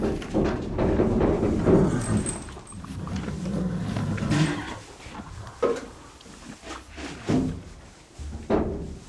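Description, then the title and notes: Horse snorting: rough, breathy bursts of noise, some long and some short and sharp, separated by quieter rustling and knocking. Horses in a stable at a riding farm in Stoppenberg, Essen, Germany, snorting while eating hay, hoof steps on the stable's stone floor. "Stoppenberg, Essen, Deutschland - essen, bruch street, horse stable. Auf einem Reiterhof in einem Pferdestall. Der Klang der schnaubenden Heu essenden Tiere, Pferdeschritte auf dem Steinboden des Stalls. Inside a horse stable on a horse barn. Projekt - Stadtklang//: Hörorte"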